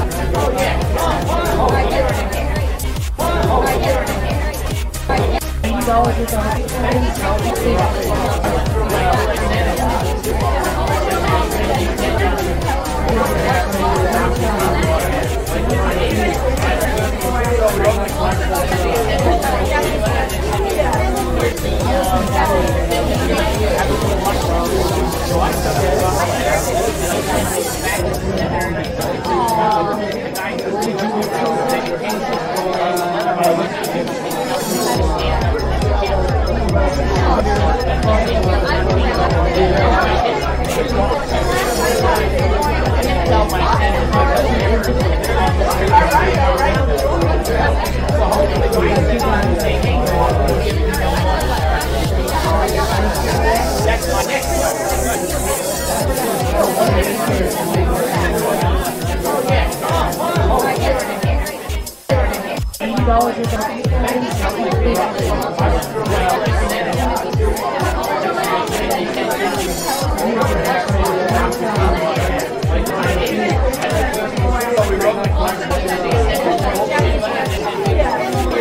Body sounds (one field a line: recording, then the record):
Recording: background sound without coughing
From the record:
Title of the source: Nightlife Party Simulating Party Club Noise 1 Hour